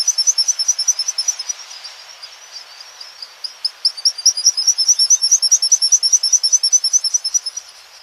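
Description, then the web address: Black guillemot giving thin, very high whistled trills of rapid pulsed notes that fade briefly midway, then swell into a longer, louder run. North America. "Songs of Birds of North America Stokes. Black Guillemot"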